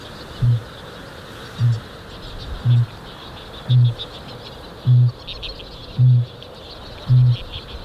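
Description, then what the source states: Kakapo booming: seven resonant low booms evenly spaced about a second apart, above a constant high hiss. Male kākāpō booming, a giant flightless night parrot, New Zealand; booming likened to the heartbeat of the land.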